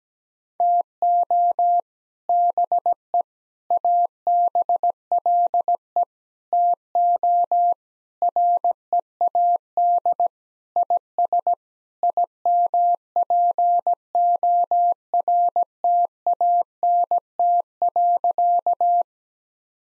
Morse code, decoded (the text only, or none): TO BE ABLE TO READ IS IMPORTANT.